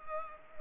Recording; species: mosquito wingbeat signal from an infrared sensor; Culex pipiens